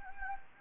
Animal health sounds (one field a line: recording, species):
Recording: mosquito wingbeat signal from an infrared sensor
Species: Anopheles gambiae